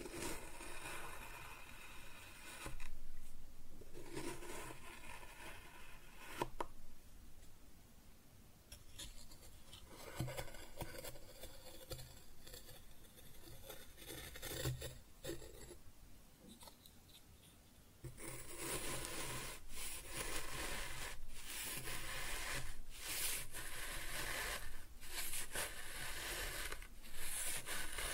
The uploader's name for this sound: ASMR Kinetic Sand Cutting and Scooping Sounds